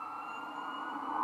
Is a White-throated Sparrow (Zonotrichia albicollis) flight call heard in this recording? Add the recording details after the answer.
no. No flight call is heard. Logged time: 01:37 on 20 December 2014